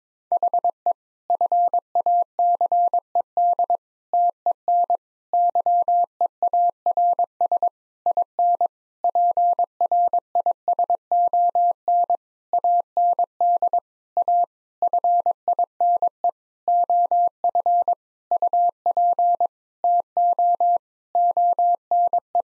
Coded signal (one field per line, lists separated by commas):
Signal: Morse code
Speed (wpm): 22 wpm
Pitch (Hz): 700 Hz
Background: none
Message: HE FACED TEN YEARS IN PRISON AND A FINE OF UP TO ONE